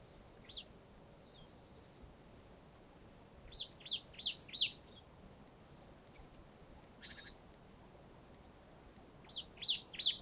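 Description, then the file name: Marsh tit calls as scattered short high notes, clustered around the middle and again at the end. "Poecile palustris"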